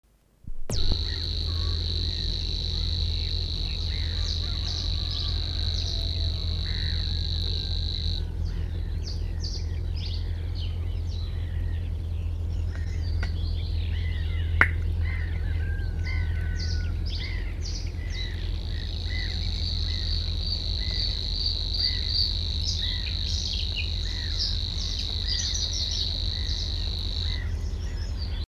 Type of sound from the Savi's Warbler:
song